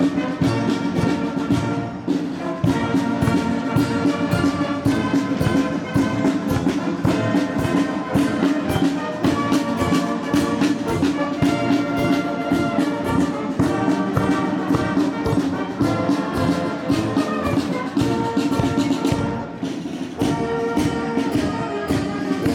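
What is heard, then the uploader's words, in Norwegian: A marching band plays through a children's parade, brass holding steady, full chords over a low, sustained bass. Drum hits land in a quick, regular beat throughout, and the loudness stays high and even, with only a brief dip near the twentieth second. Lyden av jublende barnetog og korps på 17.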